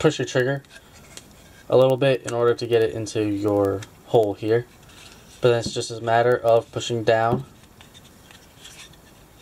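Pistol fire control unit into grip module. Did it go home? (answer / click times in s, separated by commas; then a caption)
no / none. The fire control unit of a Sig Sauer P320 M17 pistol is being pushed down into its polymer grip module, with the trigger guard pressed slightly to clear, while someone talks. Only a few faint handling ticks are heard; nothing has seated or clicked yet.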